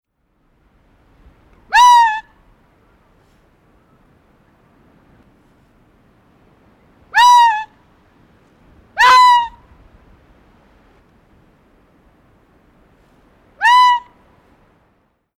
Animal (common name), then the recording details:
Arctic Fox. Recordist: Frommolt, Karl-Heinz. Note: Warnbellen eines Rüden